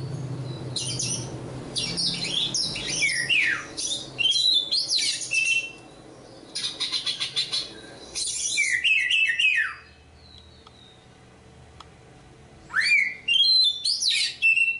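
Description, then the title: Oriental magpie-robin song in separate bursts of rattles and swooping whistles, with a quiet stretch midway and a low hum early on. Kacer poci, competition bird and national champion; singing gacor with 'nembak' and 'ngerol' styles; seven kinds of kacer sound every three minutes. "Kacer Poci Gacor Nembak Dan Ngerol Juara Nasional. 7 macam suara kacer setiap 3 menit"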